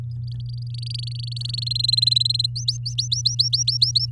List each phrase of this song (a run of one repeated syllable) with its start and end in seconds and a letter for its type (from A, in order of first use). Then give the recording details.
0.27-1.64 A, 1.66-2.46 B, 2.56-4.06 C. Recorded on 7 May 2018 at 16:03. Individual llb16